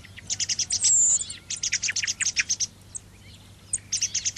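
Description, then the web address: Thrush song with a quick run of high, sharp notes and a drawn-out thin whistle, then scattered twitters after a brief quiet spell. Song phrases (moduli). "Moduli Tordo"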